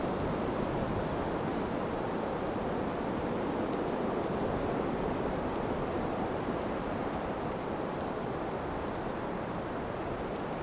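Wind blows in a steady, dense rush that holds the same level from start to finish, with no gusts rising or falling. The roar sits mostly in the low and middle range, full, with a softer hiss above and no other sounds.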